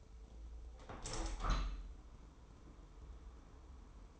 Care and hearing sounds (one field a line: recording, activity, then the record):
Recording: daily activity, microphone in the room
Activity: open window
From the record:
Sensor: 1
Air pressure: 995.7 hPa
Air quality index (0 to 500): 50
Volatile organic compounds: 1 ppm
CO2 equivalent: 932 ppm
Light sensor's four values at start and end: 30/103/40/41 and 31/104/40/42